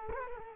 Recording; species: mosquito wingbeat signal from an infrared sensor; Culex quinquefasciatus